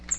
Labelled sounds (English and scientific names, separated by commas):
Cape May Warbler (Setophaga tigrina) flight call